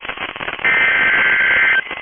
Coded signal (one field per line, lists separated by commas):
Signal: Emergency Alert System (SAME) tones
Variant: header bursts